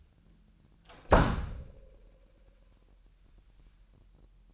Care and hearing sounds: daily activity, microphone in the room; close door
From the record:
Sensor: 2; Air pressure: 998.2 hPa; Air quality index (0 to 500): 141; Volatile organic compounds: 4 ppm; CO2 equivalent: 1602 ppm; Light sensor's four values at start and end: 12/34/13/13 and 11/34/13/13

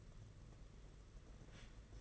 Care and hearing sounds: daily activity, microphone in the room; take from stove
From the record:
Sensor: 4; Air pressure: 992.8 hPa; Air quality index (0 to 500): 176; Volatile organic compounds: 350 ppm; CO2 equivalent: 4583 ppm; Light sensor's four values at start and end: 4/10/4/4 and 4/10/4/4

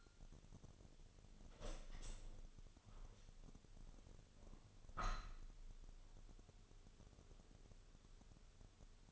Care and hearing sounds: daily activity, microphone in the room; open window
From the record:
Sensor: 4

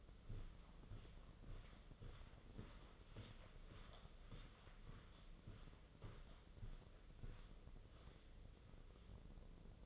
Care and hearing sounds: daily activity, microphone in the room; walk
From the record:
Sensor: 4

